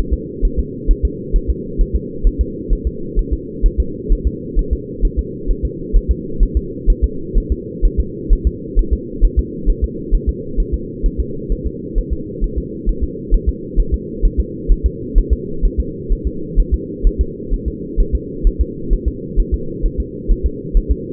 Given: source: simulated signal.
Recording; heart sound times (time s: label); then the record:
fetal heart sounds
0.14 s: S2
0.45 s: S1
0.59 s: S2
0.91 s: S1
1.05 s: S2
1.36 s: S1
1.50 s: S2
1.81 s: S1
1.96 s: S2
2.27 s: S1
2.41 s: S2
2.73 s: S1
2.87 s: S2
3.19 s: S1
3.33 s: S2
3.66 s: S1
3.80 s: S2
4.12 s: S1
4.27 s: S2
4.59 s: S1
4.73 s: S2
5.05 s: S1
5.19 s: S2
5.50 s: S1
5.65 s: S2
5.96 s: S1
6.11 s: S2
6.43 s: S1
6.57 s: S2
6.90 s: S1
7.04 s: S2
7.38 s: S1
7.52 s: S2
7.85 s: S1
8.00 s: S2
8.33 s: S1
8.47 s: S2
8.79 s: S1
8.93 s: S2
9.25 s: S1
9.39 s: S2
9.70 s: S1
9.84 s: S2
10.15 s: S1
10.29 s: S2
10.60 s: S1
10.74 s: S2
11.06 s: S1
11.20 s: S2
11.52 s: S1
11.67 s: S2
11.98 s: S1
12.13 s: S2
12.44 s: S1
12.58 s: S2
12.89 s: S1
13.04 s: S2
13.34 s: S1
13.49 s: S2
13.80 s: S1
13.94 s: S2
14.25 s: S1
14.40 s: S2
14.72 s: S1
14.86 s: S2
15.18 s: S1
15.33 s: S2
15.65 s: S1
15.80 s: S2
16.12 s: S1
16.27 s: S2
16.60 s: S1
16.74 s: S2
17.07 s: S1
17.21 s: S2
17.54 s: S1
17.68 s: S2
18.00 s: S1
18.15 s: S2
18.47 s: S1
18.61 s: S2
18.93 s: S1
19.08 s: S2
19.39 s: S1
19.54 s: S2
19.86 s: S1
20.00 s: S2
20.31 s: S1
20.46 s: S2
20.77 s: S1
20.92 s: S2
From the record:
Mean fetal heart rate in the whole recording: 130 bpm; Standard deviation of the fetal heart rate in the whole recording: 2 bpm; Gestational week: 38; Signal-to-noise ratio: -4.3 dB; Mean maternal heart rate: 72 bpm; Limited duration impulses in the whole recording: absent